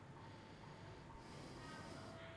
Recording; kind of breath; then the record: one breath in and out by a microphone near the nose and mouth; normal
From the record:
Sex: male